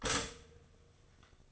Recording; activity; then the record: daily activity, microphone in the room; stop toaster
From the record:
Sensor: 4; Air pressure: 1005.0 hPa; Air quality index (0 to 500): 187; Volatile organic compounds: 5 ppm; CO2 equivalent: 1835 ppm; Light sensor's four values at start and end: 17/58/22/20 and 17/58/22/20